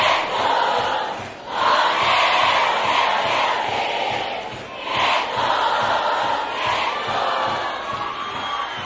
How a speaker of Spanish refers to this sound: Esto es gracias a todos ustedes que hoy están aquí presentes. Yo quiero escuchar bien fuerte el aplauso.